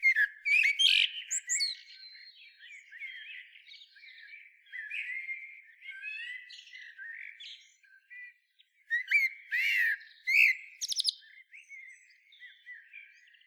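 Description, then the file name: Eurasian blackbird song, an opening of sharp twitters, a long stretch of soft subdued warbling, then more high chattering flourishes. "Turdus merula"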